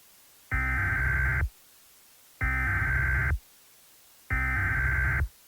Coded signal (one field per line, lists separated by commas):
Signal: Emergency Alert System (SAME) tones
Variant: header bursts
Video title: An EAS scenario I made because I was bored